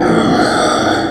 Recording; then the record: squeal of a Yucatan mini pig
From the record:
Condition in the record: before surgery on the right vocal fold (resection and tissue-engineered implant); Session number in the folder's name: 3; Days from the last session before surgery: 0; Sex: female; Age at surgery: 19 weeks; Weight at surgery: 25 kg